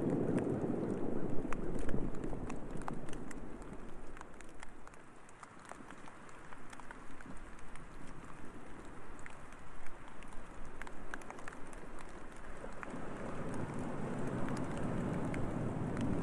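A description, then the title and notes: Waves wash over rocks beneath light rain, a steady dense rush that swells strongly in the first two seconds, eases through the middle, and builds again after about 13 seconds. Scattered sharp ticks and taps of rain drops run throughout. Light Rain Over Ocean w/ Waves Breaking Over Rocks.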